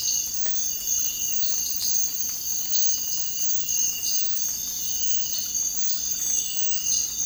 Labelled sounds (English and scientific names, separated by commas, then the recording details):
none
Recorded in dense forest near Puerto Asís, Putumayo, Colombia, on 18 February 2024 at 06:00
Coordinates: 0.484, -76.317
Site G6464